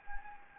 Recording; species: mosquito wingbeat signal from an infrared sensor; Anopheles gambiae